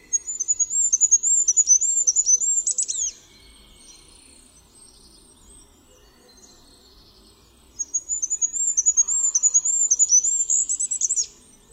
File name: MYSIKRÓLIK